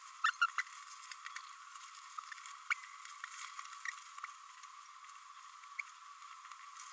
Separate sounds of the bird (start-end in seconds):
0.24-0.30, 0.58-0.62, 2.70-2.74